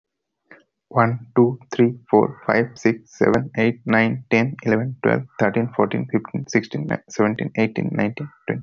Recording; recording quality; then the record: counting at a fast pace; excellent, no background noise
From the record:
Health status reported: healthy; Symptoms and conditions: none ticked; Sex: male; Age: 27 years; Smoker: not ticked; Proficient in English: yes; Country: India